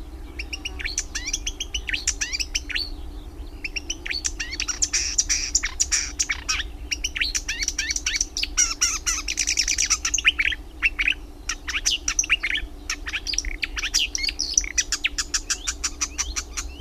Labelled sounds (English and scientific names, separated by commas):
Marsh Warbler (Acrocephalus palustris) song